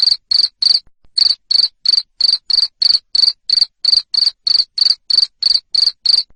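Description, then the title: Cricket song of loud high chirps, three quick ones, a pause, then a long even series at about three per second. Loud cricket chirping used to make lovebirds sing continuously. "Suara JANGKRIK NGERIK Keras Bikin LOVEBIRD Jadi NGEKEK Terus Vubey"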